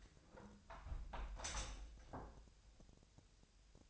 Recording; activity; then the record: daily activity, microphone in the room; close window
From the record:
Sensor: 2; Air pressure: 1014.8 hPa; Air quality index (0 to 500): 50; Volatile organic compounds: 1 ppm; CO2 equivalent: 645 ppm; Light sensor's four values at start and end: 8/19/8/8 and 8/19/8/8